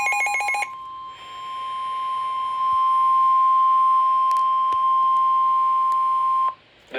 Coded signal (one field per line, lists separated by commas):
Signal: Emergency Alert System (SAME) tones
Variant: 1050 Hz attention tone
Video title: CALM BEFORE THE STORM... (EAS Alerts from June 2024) [EAS 358-385]